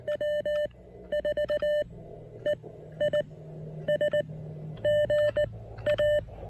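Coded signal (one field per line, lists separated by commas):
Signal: Morse code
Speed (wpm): 17 wpm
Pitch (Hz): 600 Hz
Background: none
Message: W4EIS GA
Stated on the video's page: Morse from a POTA park activation on 20 and 30 meters using an Elecraft KX1.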